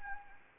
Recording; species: mosquito wingbeat signal from an infrared sensor; Anopheles gambiae